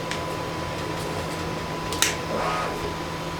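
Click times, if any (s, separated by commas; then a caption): 2.0 s. A 3D-printed plastic piece of an Ursula figure and cauldron model is pushed into its mating socket on the figure and clicks into place at 2.0 s, seated, though it is still to be glued anyway. A fainter tick comes at 0.1 s over a steady background hum.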